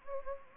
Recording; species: mosquito wingbeat signal from an infrared sensor; Anopheles gambiae